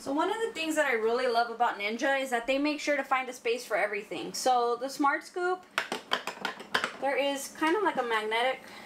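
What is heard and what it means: Someone talks while handling the plastic Smart Scoop coffee scoop of a Ninja DualBrew Pro coffee maker, bringing it to its magnetic storage spot on the machine. A quick run of sharp taps and clatters comes between about 5.9 and 6.8 seconds before the talking resumes. The scoop has not seated or clicked into its holder yet.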